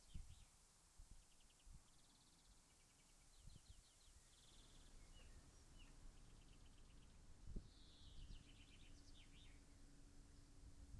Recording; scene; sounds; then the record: everyday scene through a hearing-aid microphone; wind on the microphone; gentle breeze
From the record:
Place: in front of a rural house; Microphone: behind the ear, left, rear